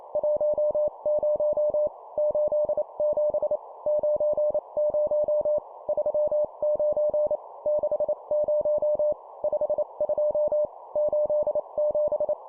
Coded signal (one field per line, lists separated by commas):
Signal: Morse code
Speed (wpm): 28 wpm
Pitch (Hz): 600 Hz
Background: none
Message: 10 87 90 39 60 52 87